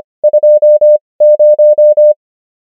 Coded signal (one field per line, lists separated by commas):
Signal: Morse code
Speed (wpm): 25 wpm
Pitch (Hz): 600 Hz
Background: none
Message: 20